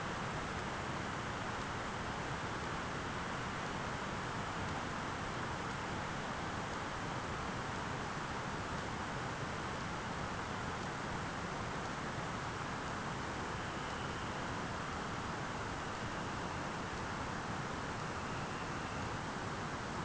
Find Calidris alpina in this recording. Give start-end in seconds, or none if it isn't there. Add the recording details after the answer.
13.41-17.02, 18.01-19.27. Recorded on Arctic tundra, site ZACK-1, on 13 June 2019. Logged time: 03:49